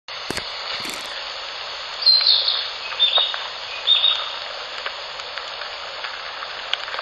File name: キビタキ